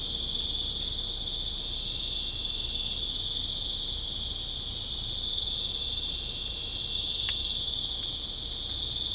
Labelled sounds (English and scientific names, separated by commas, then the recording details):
none
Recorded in pastures near Puerto Asís, Putumayo, Colombia, on 18 December 2024 at 20:00
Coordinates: 0.496, -76.326
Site G004